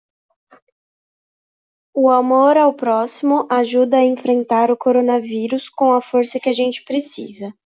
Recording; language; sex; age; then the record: spoken sentence; Brazilian Portuguese; female; 20 to 29 years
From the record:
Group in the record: control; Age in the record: 26 years